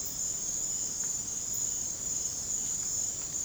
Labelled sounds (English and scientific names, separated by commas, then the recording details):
none
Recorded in secondary vegetation near Puerto Asís, Putumayo, Colombia, on 26 December 2024 at 03:30
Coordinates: 0.489, -76.322
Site G059